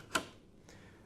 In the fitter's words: you can hear there that the catch has just flicked back into place you don't need to do anything else to fit it